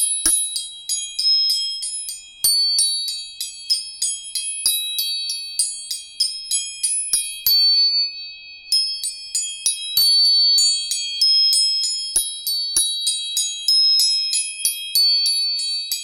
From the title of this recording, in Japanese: 音叉チューニング